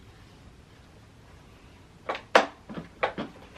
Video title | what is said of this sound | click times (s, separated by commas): Nest With Me 34 Weeks Pregnant - Newborn Laundry - Nuna Pipa Lite Rx Car Seat With UPPAbaby Stroller | Okay, yeah, I just heard it click into place. | 2.4 s